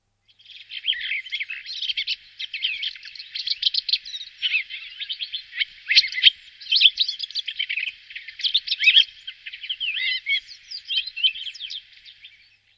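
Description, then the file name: Redwing singing a long, unbroken stream of quick, high twittering and chattering notes for about twelve seconds, varied and scratchy throughout, with no other sounds. "Drozd belobrovik"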